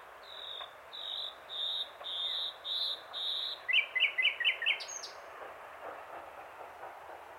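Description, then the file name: Common nightingale song: steady high whistled notes repeated about twice a second, followed by a quick burst of sharp chattering notes and a thin high whistle. "Luscinia megarhynchos"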